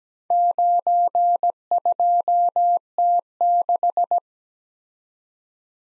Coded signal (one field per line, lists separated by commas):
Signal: Morse code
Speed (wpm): 17 wpm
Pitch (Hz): 700 Hz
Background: none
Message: 92T6